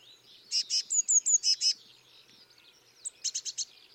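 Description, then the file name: Eurasian blue tit calling, a quick run of several buzzy scolding notes with thin high whistles woven in, then a pause and a shorter burst of a few notes. "Cyanistes caeruleus"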